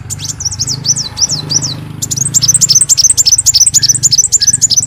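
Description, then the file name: Leafbird song: a run of high, peaked whistles, then a fast, even stream of short bright chirps, about three or four each second. "Tieng chim xanh tim"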